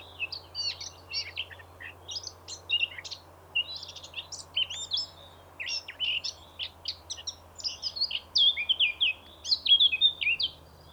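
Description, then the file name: Eurasian blackcap song, a long scratchy, rapid twittering passage that turns into louder, richer fluted phrases toward the end, over a low steady hum. "Sylvia atricapilla"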